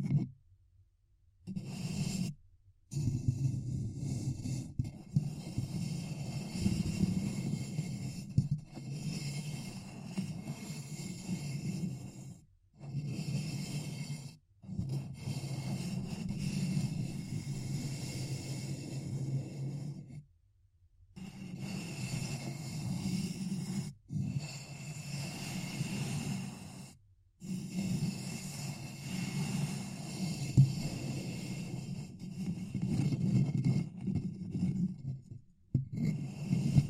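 Ear cupping sounds: a muffled, low rushing hush that swells and settles in long stretches, broken by abrupt dead-silent gaps every few seconds, around 2, 13, 21, 24, 27 and 36 seconds. Faint scratchy rustle sits on top of the deep hum.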